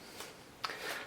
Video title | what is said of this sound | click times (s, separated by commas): From The Collection Friday #129- Cybertron Primus | So when you're putting it back, just pop it down and press that back in until it clicks. | 0.6 s